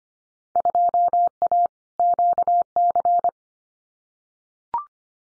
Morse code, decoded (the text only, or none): 2A QC